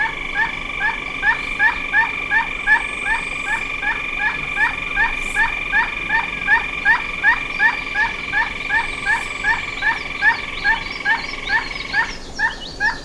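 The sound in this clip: Bird calls, short and crisp, repeated steadily about three times a second over a continuous droning hum with several even tones.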